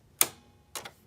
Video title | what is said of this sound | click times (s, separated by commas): Sewing 101 | you're gonna come on and and push into you hear a snap like | 0.2 s